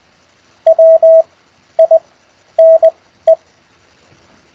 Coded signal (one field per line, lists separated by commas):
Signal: Morse code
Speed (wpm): 20 wpm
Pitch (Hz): 660 Hz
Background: none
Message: WINE